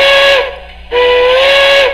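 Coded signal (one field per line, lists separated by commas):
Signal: train horn signal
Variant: steam locomotive whistle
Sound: steam whistle blasts, the second longer; both cut off at the clip edges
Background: steam hiss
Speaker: so for example if I'm going to move forward I have to do it and then start to move my locomotive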